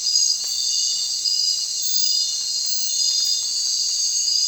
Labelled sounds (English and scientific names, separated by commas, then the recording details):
none
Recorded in secondary vegetation near Puerto Asís, Putumayo, Colombia, on 30 June 2025 at 19:30
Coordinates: 0.499, -76.323
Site G077